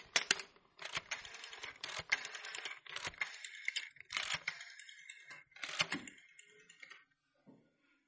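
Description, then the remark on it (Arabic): A telephone rings over and over with no one picking up, a call placed to a company office that goes unanswered, a series of sharp, bright bursts with a steady tone between them, sounding alone before it falls silent. “جرس يا ماما، محدش بيرد.”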